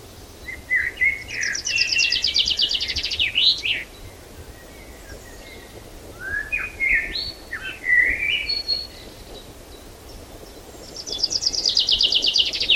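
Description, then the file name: Common chaffinch song heard twice: a cascading trill closing with an emphatic flourish, then a second trill starting near the end, with assorted chirps and whistles between. "Fringilla coelebs"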